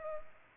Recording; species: mosquito wingbeat signal from an infrared sensor; Culex pipiens